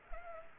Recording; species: mosquito wingbeat signal from an infrared sensor; Culex pipiens